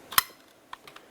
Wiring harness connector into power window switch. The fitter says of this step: Press it in, listen for a click.